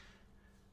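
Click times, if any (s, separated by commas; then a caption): none. A black titanium iPhone 15 Pro Max is being pressed into a Speck Presidio 2 Pro plastic protective case lined with shock-absorbing material. Only faint, steady handling noise is heard over a low hum, with no sharp sounds. Nothing has seated or clicked yet.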